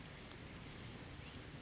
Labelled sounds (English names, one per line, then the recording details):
California Towhee
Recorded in Sonoma County, California